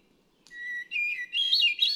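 Hermit thrush song: a long low whistled note, then rising bursts of fluty, ringing notes cascading upward, over a faint low background rumble.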